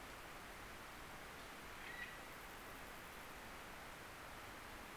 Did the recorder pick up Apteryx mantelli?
no